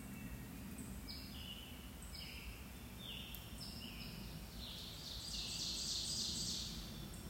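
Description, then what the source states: Birds singing: high chirps and short descending whistles every second or so, then a loud buzzy trill near the end, over a steady low rumble. Recorded at sunset on May 19, 2024.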